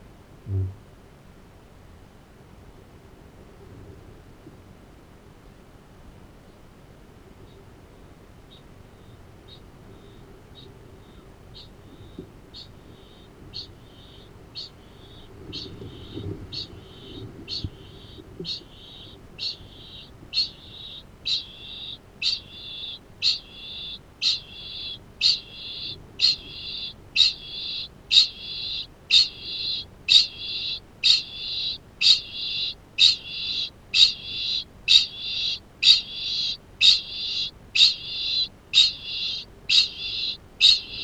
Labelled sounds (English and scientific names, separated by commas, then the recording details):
Kākāpō (Strigops habroptilus) boom, Kākāpō (Strigops habroptilus) ching call
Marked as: faintness 2/5, faintness 4/5, faintness 3/5
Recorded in New Zealand
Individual Arab